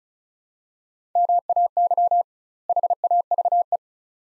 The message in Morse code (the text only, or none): MAY HAVE